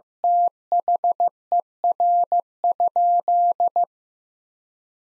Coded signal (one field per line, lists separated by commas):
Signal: Morse code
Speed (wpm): 15 wpm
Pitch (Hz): 700 Hz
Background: none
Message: THER?